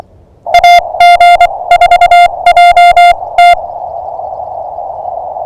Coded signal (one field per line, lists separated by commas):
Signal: Morse code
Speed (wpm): 24 wpm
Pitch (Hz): 700 Hz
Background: music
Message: AG4JT